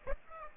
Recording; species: mosquito wingbeat signal from an infrared sensor; Aedes aegypti